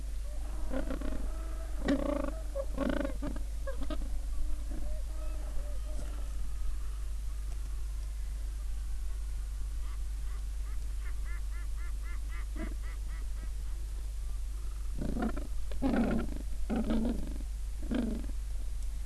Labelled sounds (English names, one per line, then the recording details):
Gentoo Penguin
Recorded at the colony at Booth Island, Antarctica, on 21 December 2014
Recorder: Song Meter SM2+